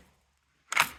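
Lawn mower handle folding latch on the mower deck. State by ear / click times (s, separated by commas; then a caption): seated / 0.7 s. A DeWalt 60V Max self-drive electric lawn mower's metal handle is pushed down a little more after its release button is pressed, until the folding latch on the mower deck clicks at 0.7 s. A quiet low hum gives way to a sharp click, then a brief bright rattle that fades out. The latch seats, letting the handle fold over.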